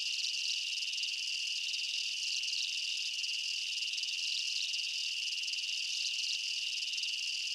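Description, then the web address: Insect chirping forms an unbroken high trill chorus, even in volume, with subtle swelling pulses throughout. Night-time jungle ambience of chirping insects and bugs. "Blastwave INSECTS Amb Night Jungle BU. ambience insects chirps night jungle bugs"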